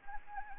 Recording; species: mosquito wingbeat signal from an infrared sensor; Anopheles arabiensis